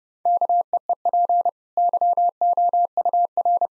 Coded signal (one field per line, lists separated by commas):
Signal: Morse code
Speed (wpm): 32 wpm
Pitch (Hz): 700 Hz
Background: none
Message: KEEP YOUR